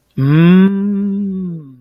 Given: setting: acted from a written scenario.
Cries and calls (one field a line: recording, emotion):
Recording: vocal sound without words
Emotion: ecstasy